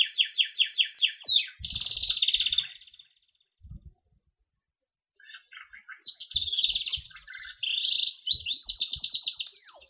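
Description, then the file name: Berner canary song opening with rapid repeated notes and a rolled trill, a short pause, then lively sweeping chirps and warbles resuming. "kenari berner omkicau"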